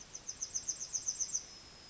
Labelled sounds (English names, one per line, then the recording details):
Yellowhammer song
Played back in forest
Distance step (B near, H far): E
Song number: 010